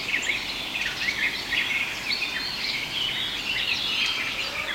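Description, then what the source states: Garden warbler song: a fast, chattering warble running without pause throughout. Chattering song; the first garden warblers of the morning had just begun singing after sunrise, in pasture land with large trees.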